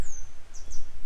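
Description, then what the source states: Grey wagtail with a long, thin, high down-slurred call, then two brief chips, heard over a low rumble. A pair of grey wagtails still searching for their young; follow-up report.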